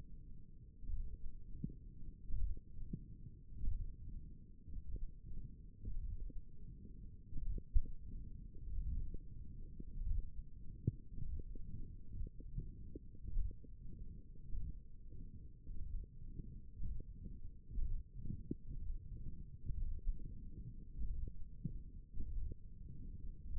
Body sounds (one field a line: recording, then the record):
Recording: forearm muscle sounds (acoustic myography)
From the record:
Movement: hook grip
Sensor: system 1, eight BSWA MPA416 microphones around the upper forearm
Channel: 1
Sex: female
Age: 21 years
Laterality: right